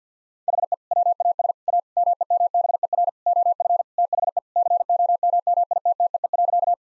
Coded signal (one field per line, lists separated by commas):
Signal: Morse code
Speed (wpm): 50 wpm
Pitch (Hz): 700 Hz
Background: none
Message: HE WAS A MEMBER OF THE COMMITTEE.